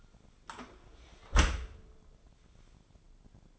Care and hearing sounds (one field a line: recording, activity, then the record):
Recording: daily activity, microphone in the room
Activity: close dishwasher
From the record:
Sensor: 5